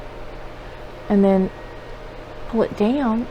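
A lid is being fitted onto a thrifted vintage container with a fruit pattern, turned to line it up and then pulled down. Someone talks over a low steady background hum. Nothing has seated or clicked yet; the clip ends just before the lid goes home.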